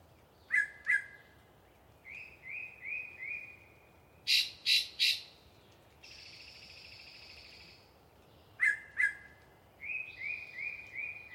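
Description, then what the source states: Yellow-breasted chat song: paired sharp notes, a run of soft repeated whistles, three loud harsh notes, a long hissing buzz, then more paired notes and whistles. Pre-dawn, a particularly chatty bird giving a long soliloquy from deciduous cover near the microphones.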